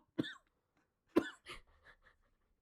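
An adult man gives two sharp, forceful coughs about a second apart, then softer trailing coughs as a choking fit on his own saliva subsides.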